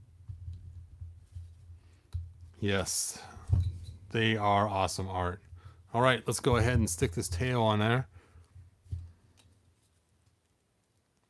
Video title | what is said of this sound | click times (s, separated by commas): Whiplash origins He-Man and the Masters of the Universe review | there we go and it clicks in place and | 9.4 s